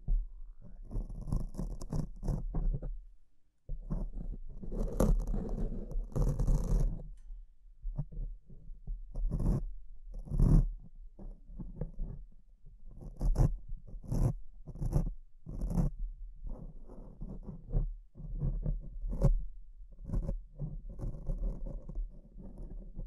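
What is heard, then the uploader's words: Mic scratching runs through most of the clip in rough, uneven bursts, thick and rumbly with bright scraping edges. Short pauses break it near 3.5, 8 and 12 seconds. Quick sharp rasps, like a zipper or pen strokes, stand out around 10, 14 and 19 seconds. ASMR Brain Melting Mic Scratching (No Talking).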